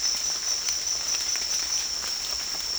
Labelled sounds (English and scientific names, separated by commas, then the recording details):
none
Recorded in dense forest near Puerto Asís, Putumayo, Colombia, on 21 March 2025 at 16:00
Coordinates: 0.499, -76.324
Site GP03